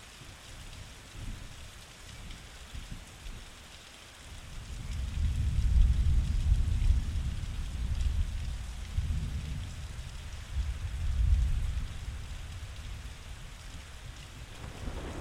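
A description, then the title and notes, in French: Steady rain patters throughout while a deep thunder rumble swells from about four seconds, peaking near six and again around eleven seconds. Puissance du Tonnerre. La force brute du tonnerre. Au cœur d'un orage.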